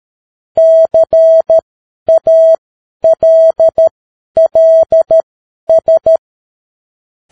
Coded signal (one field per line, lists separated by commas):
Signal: Morse code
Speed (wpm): 13 wpm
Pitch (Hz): 650 Hz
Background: none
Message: CALLS